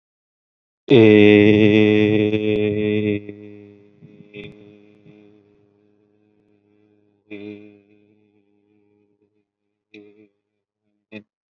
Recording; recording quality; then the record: sustained vowel as in made; excellent, no background noise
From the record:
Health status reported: exposed to COVID-19, no respiratory illness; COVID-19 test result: not tested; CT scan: not taken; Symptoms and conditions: none ticked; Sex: male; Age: 23 years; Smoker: no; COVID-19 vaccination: both doses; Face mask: not worn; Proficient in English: yes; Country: India